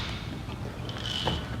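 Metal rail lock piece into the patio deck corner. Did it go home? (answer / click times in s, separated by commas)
no / none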